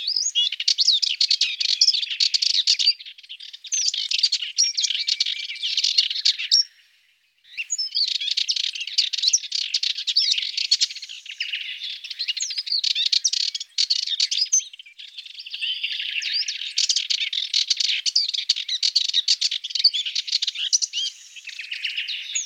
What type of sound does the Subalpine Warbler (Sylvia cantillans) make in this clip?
song